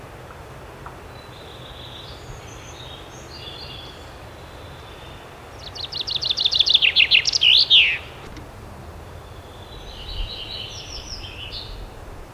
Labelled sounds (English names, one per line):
Common Chaffinch song